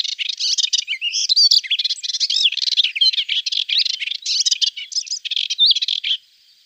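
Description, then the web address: Melodious warbler singing a rapid, continuous babbling stream of twittering, scratchy and whistled notes for about six seconds, then stopping. "Schulze Peter Melodious Warbler song"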